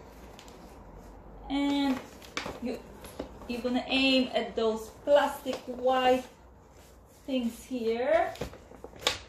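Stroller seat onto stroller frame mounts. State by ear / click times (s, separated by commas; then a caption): seated / 9.1 s. Someone talks while lowering a Bugaboo Bee 5 stroller seat onto the white plastic mounting points on the stroller frame and pushing it down. A sharp click at 9.1 s marks the seat locking into place on the frame mounts.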